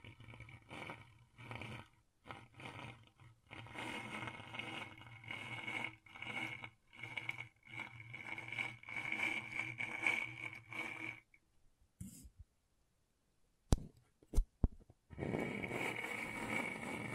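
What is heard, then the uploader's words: Scratchboard being scraped in short rough bursts, then steady raspy strokes with a bright whine, a silent gap near twelve seconds, sharp clicks, then scraping resumes. ASMR Brain Tingling Scratchboard (No Talking).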